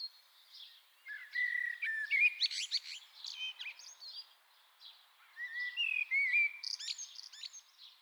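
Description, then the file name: Common blackbird song, two phrases of warbled whistles ending in thin, squeaky twittering, with a quiet gap between them. "Turdus merula"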